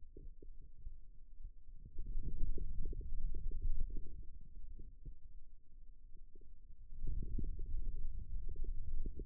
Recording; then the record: forearm muscle sounds (acoustic myography)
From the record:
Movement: finger pinch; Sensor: system 2, bracelet of six BSWA MPA416 microphones around the upper forearm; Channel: 4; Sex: male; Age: 22 years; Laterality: right